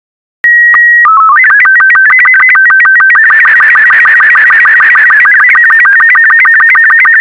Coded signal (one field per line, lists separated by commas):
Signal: SSTV (slow-scan television)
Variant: Robot 36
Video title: SSTV TEST IMAGE ANOTHER 1